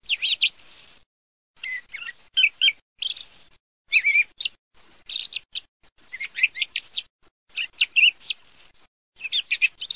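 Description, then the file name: Mistle thrush song, a steady stream of varied, high warbled and chirping phrases in quick bursts, broken by short silent gaps, with no other sounds standing out. "TORDOPATRIARCA"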